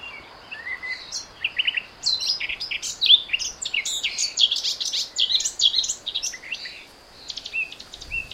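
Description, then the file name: Eurasian blackcap delivering a lively, jumbled warble of short high whistles and chirps, louder in the middle and fading toward the end. "Sylvia atricapilla"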